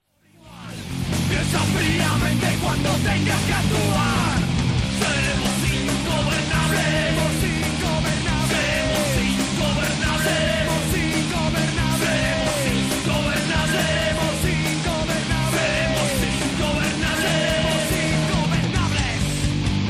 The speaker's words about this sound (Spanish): Por lo visto, hay algunos que pueden saltarse la legalidad en el momento en que les da la gana, e incluso a proferir gritos neonazis de todo tipo. Gritos neonazis, por cierto, en los mismos morros de la Policía Nacional.